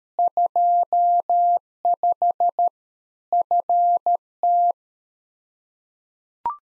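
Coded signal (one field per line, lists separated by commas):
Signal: Morse code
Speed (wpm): 13 wpm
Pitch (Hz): 700 Hz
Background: none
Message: 25 FT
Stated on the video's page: One-sided practice QSO at 13 wpm for head-copy: each segment sent in Morse, spoken, then sent again.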